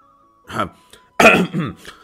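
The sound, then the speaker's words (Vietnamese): Two dry coughs from a man, the first short and moderate, the second louder and harsher with a brief rasping tail, separated by a short pause and standing alone without talk. “Nghĩ thêm một cái, hắn cũng dùng mình, ho khan hai tiếng nói.”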